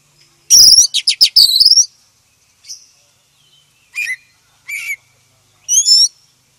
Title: KACER HITAM